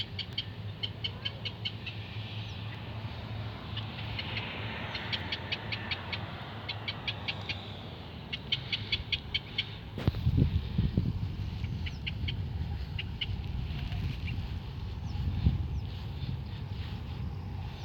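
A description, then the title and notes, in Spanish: At a lakeside in northern Ecuador, birds chirp in rapid repeated bursts over a steady low rumble of passing traffic, with a louder thump near ten seconds. Laguna de Yahuarcocha ubicada en el norte de Ecuador.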